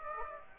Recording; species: mosquito wingbeat signal from an infrared sensor; Aedes aegypti